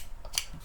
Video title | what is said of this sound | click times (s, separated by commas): Hands-On with the OpenRock X: Unboxing and Initial Thoughts - PLUGHITZ Live Unboxed | What we learned is that there's a click there. Didn't know that until it did it on its own. | 0.4 s